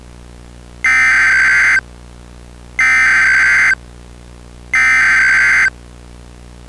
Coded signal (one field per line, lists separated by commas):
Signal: Emergency Alert System (SAME) tones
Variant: header bursts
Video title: One Icy Night - A EAS Mock